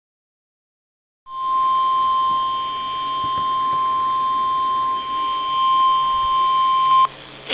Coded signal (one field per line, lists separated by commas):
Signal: Emergency Alert System (SAME) tones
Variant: 1050 Hz attention tone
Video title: HAPPY NEW YEAR! - Snow Squall Warning for MY AREA! EAS #480